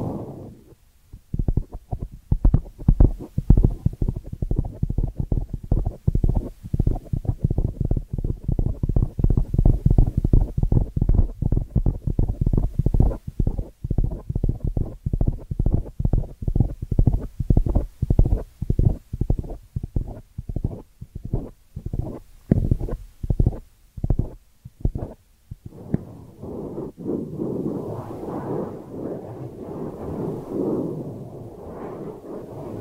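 Ear cleaning sounds made of rapid, dense scratchy strokes, repeating several times per second for about 25 seconds, low and muffled with little brightness. After that the strokes stop and give way to a steadier, softer rubbing hiss that continues to the end.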